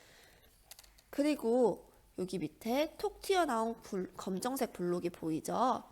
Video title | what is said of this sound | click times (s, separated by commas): 계절에 따라 기온이 달라지는 까닭 | 이쪽도 마찬가지로 딱 소리가 나도록 마지막 구멍에 꽂아주면 됩니다. | 0.7 s